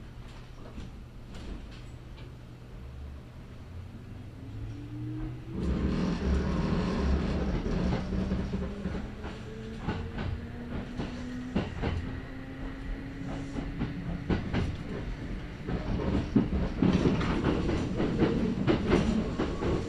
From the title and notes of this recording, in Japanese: 近鉄大阪線 急行 名張→大和朝倉。平日のお昼時、そろそろ学生の乗り降りが始まりそうな時間帯です。